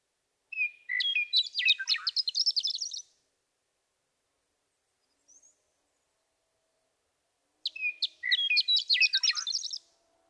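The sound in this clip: Western meadowlark singing two songs about seven seconds apart, each opening with slurred flute-like whistles and ending in a fast, jumbled warble.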